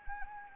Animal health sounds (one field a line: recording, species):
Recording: mosquito wingbeat signal from an infrared sensor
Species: Anopheles arabiensis